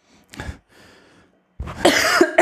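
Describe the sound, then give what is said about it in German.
A person coughs: one short, sharp cough, a softer raspy breath, then a louder, longer harsh coughing burst at the end. No talking. “Ja, wenn du husten, musst du husten.”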